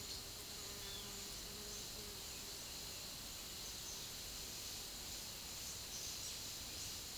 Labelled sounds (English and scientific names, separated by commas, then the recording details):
none
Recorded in dense forest near Puerto Asís, Putumayo, Colombia, on 20 February 2024 at 09:30
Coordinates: 0.505, -76.324
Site G6467